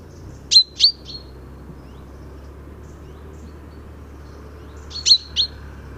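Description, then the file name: Common chaffinch calls: sharp, metallic single notes in a quick run of three, silence, then another brief run of three about four seconds later, over a low steady hum. "Fringilla coelebs"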